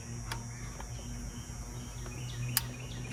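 An NGK spark plug wire boot is pressed onto the spark plug (or coil) terminal against a steady low background hum, with a faint tick at 0.3 s. A sharp click at 2.6 s confirms the boot is seated.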